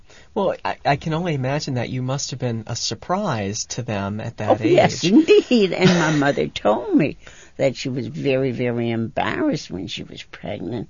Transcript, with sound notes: I can only imagine that you must have been a surprise to them at that age. ( she laughs )
And my mother told me that she was very, very embarrassed when she was pregnant.